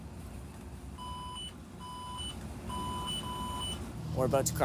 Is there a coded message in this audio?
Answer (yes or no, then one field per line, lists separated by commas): no